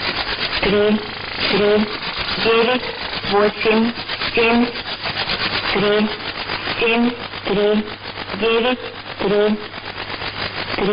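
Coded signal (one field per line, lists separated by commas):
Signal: numbers station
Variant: S06s Russian Lady, Russian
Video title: 02 10 2017 Numbers station S06s Russian Lady in Russian to Eu 1200 on 9145 unknown tx site in CUSB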